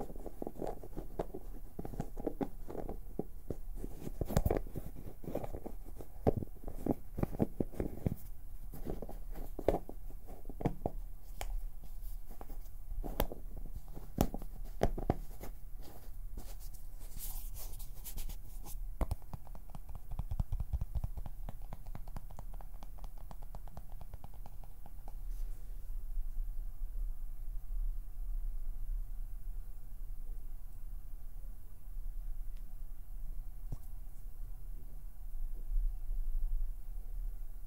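Dense bursts of plucking, pinching and finger fluttering crowd the first twenty seconds, then thin to sparse clicks over a steady low hum.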